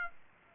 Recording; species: mosquito wingbeat signal from an infrared sensor; Aedes aegypti